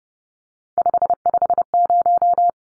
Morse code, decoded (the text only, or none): 550